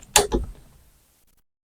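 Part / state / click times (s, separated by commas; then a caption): hammer catching in the cocked position in a PCP air rifle action / seated / 0.2 s. A PCP air rifle is cocked before its hammer is adjusted, and the hammer catches on the sear in the cocked position. A loud metallic snap lands at 0.2 s, with a second softer clack around 0.35 s, then it fades to silence. The hammer latches and the airgun is cocked.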